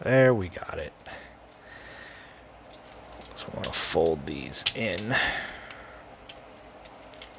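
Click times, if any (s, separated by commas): 7.1 s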